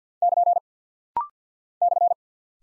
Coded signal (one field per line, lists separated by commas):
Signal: Morse code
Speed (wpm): 50 wpm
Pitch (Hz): 700 Hz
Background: none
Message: <KN> /